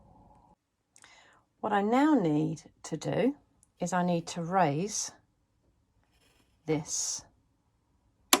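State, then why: Seated. Someone talks, then the air-threading lever on an overlocker is raised for threading the lower looper. At 8.3 s the lever snaps up into place with a single sharp click, seating it.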